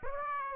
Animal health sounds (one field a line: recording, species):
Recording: mosquito wingbeat signal from an infrared sensor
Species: Aedes aegypti